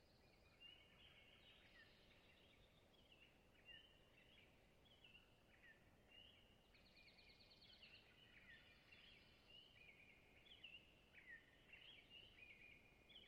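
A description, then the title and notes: A twilight chorus in the Alaskan boreal forest, with many birds singing at once in overlapping bright trills and chirps that continue without a break. Beneath them runs a steady low rumble of outdoor noise. I spent a night in a bed of moss, listening to the sounds of Springtime Alaskan boreal taiga in the twilight. Location: Long Lake, Talkeetna, AK Weather: variable over the course of the night, 49-61°F, light to no wind. Clear lake in a hilly boreal taiga, dominated by White Spruce, Bird, and thick beds of diverse mosses. Long Lake, a mid-night chorus.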